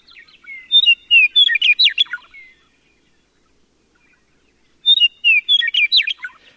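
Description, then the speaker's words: Western meadowlark song, a short burst of bright whistled notes, then a pause and a second burst. Sings in open grassland downhill from a ponderosa pine savanna on western mountain slopes. "Downhill, the trees give way to an open grassland where a western meadowlark sings."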